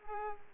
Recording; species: mosquito wingbeat signal from an infrared sensor; Culex pipiens